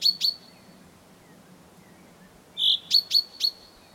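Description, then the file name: Common chaffinch calls: two sharp high notes, a pause of about two seconds, then a short tonal note followed by a quick run of three clipped, emphatic notes. "Fringilla coelebs"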